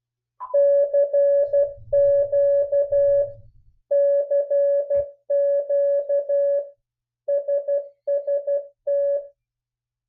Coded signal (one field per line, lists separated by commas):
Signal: Morse code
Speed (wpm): 12 wpm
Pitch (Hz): 570 Hz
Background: none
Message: CQ CQ SST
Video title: HOW TO CALL CQ IN MORSE CODE